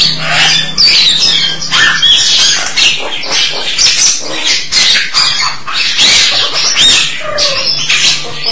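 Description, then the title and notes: Starling song: a dense, varied stream of harsh squawks, chatters and thin whistles, with a steady low hum underneath. "suara burung jalak"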